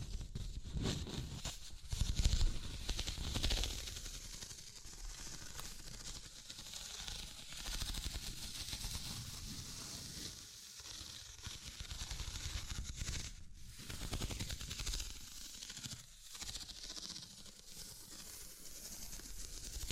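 Continuous scratching and tracing sounds, a dense rough hiss that rises and falls without stopping across the whole stretch. A heavier knock or tap lands near two seconds, and brief gaps break the rubbing around thirteen and sixteen seconds.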